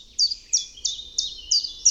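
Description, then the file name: Common chiffchaff song: six short, high, chipping notes evenly spaced over two seconds. "Pierwiosnek"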